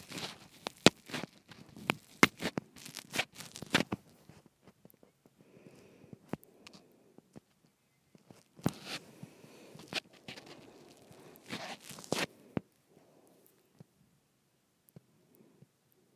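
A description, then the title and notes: A microphone is twisted and handled, making sharp clicks, creaks and rubbing scrapes. The sounds come in dense clusters during the first four seconds and again from about nine to twelve seconds, with sparser ticks and quiet gaps between and toward the end. ASMR Twisting my Microphone.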